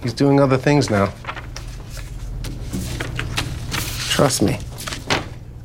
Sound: soundbite of papers shuffling

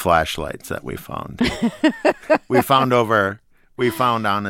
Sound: laughter

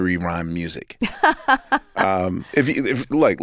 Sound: laughter

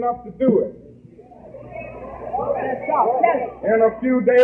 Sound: soundbite of audience responding

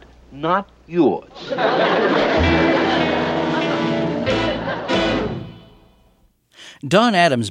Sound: soundbite of laugh track, music

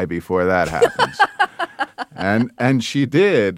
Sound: soundbite of laughter

